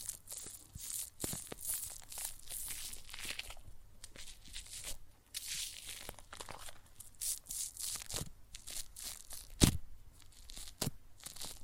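Soap foam fizzes and crackles with water, a dense, uneven stream of tiny hissing pops and crinkles that swell and fade every second or so. Sharper clicks punctuate it, with the loudest snap near the ten-second mark.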